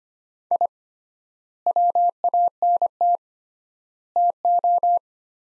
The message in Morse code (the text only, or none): I WANT TO